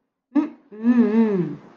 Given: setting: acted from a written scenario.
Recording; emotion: vocal sound without words; realization